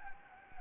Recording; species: mosquito wingbeat signal from an infrared sensor; Anopheles gambiae